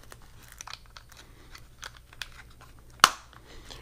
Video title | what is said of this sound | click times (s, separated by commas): Omron Blood Pressure Wrist Monitor | and you heard that snap so that is done | 3.0 s